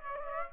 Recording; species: mosquito wingbeat signal from an infrared sensor; Aedes aegypti